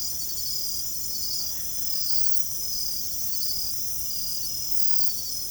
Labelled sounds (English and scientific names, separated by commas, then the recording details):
none
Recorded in secondary vegetation near Puerto Asís, Putumayo, Colombia, on 21 December 2024 at 23:00
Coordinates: 0.468, -76.324
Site G095